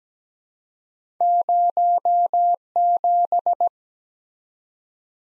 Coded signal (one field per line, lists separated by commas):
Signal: Morse code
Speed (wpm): 17 wpm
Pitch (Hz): 700 Hz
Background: none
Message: 0 7